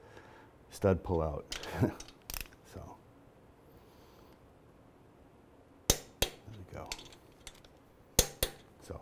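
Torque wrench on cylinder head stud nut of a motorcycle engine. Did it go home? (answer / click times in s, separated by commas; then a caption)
yes / 5.9 s, 8.2 s. A click-type torque wrench gently tightens a cylinder head nut on a stud of a BMW R90/6 motorcycle's boxer engine, feeling for the stud so it does not pull out, while someone talks. Sharp wrench clicks ring out at 5.9 s and 8.2 s, and the nut is torqued and all good.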